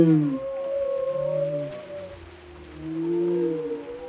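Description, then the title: Whale moans, several overlapping tonal calls that slide up and down, with a long level tone near the middle and low groans underneath. "Whale Tales: Discovering the Stories Behind the Sounds"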